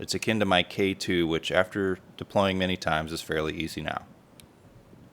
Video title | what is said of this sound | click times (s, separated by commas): Cold Steel Frenzy Knife Review. Plus batoning with the Tri Ad lock on this Beast. | It's locked into place with the Triad lock, which Cold Steel brags is stronger than any lock ever made. | 4.4 s